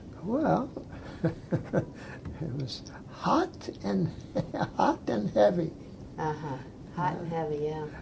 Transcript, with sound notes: Well (laughs) it was hot and (laughs) hot and heavy.
Ah ha. Hot and heavy yeah.